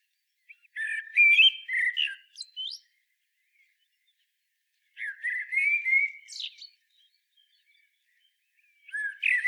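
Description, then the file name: Common blackbird song: a rich warbling phrase with high squeaks, a second similar phrase after a pause, then a third beginning at the close. "Turdus merula"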